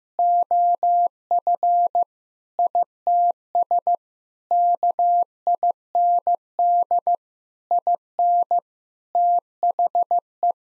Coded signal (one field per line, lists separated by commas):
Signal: Morse code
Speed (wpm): 14 wpm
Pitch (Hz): 700 Hz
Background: none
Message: OF ITS KIND IN THE